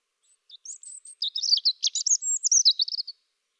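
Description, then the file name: European robin singing one phrase of about two and a half seconds: a few faint high thin notes, then a quick jumble of bright twittering and warbling notes, then silence. "Erithacus rubecula"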